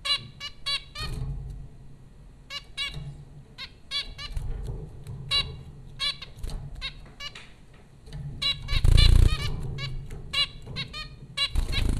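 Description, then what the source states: Zebra finch calls, rapid nasal beeps repeated in busy clusters throughout, with a rustle or flutter near nine seconds and low background hum. Four zebra finches recorded at Popcorn School, Flatbush, Brooklyn, New York, on April 15, 2009.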